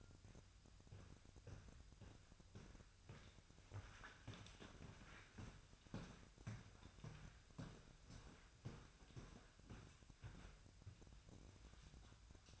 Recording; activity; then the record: daily activity, microphone in the room; walk to room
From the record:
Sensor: 2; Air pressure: 999.3 hPa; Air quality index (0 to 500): 192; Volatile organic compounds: 25 ppm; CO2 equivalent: 2840 ppm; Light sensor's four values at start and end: 7/17/7/7 and 7/17/7/7